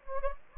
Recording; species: mosquito wingbeat signal from an infrared sensor; Anopheles gambiae